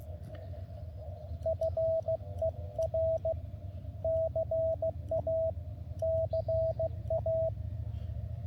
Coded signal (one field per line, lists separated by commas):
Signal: Morse code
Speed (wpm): 16 wpm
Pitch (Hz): 650 Hz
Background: radio noise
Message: FER CA CA